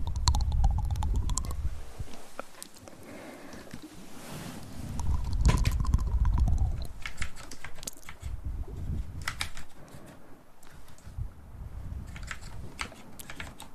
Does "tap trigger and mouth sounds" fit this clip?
yes